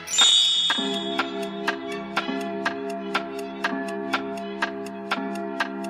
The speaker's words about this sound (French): L'horloge sonna 5 heures.